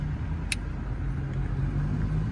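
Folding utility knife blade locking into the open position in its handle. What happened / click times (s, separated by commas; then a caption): The folding blade snapped locked open / 0.5 s. The blade of a Remington Baby Bullet folding utility knife by GEC, with carbon fiber, is pushed open by its lip until the lock engages. A single sharp snap at 0.5 s marks the blade locking into the open position in its handle. A steady low rumble continues underneath throughout.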